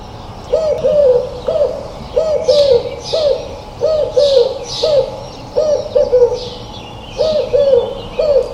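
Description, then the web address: Bird calling with short arched hooting notes, often paired, repeated throughout, with soft hissing bursts higher up. "cianscape. Deverinetal 2025. Bird Only"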